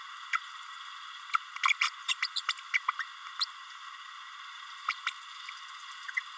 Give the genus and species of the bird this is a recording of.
Forpus passerinus